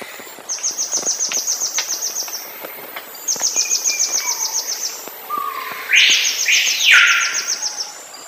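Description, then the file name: Pará gnatcatcher song: fast high trills of evenly spaced notes repeated in bursts, then a louder sweeping phrase near the end. "canto do balanca rabo paraense"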